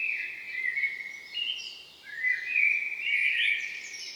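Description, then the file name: Common blackbird pouring out flowing, mellow warbles that rise and fall, with a few squeaky high notes woven in. "Turdus merula"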